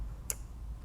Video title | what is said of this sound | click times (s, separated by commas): Snode AD80 - These dumbbells changed the game… | I'll get a little closer I don't know if you guys can hear that but snaps in almost like a magnet but | 0.3 s